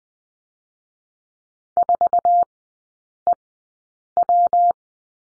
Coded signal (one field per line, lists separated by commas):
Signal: Morse code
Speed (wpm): 20 wpm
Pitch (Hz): 700 Hz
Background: none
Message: 4EW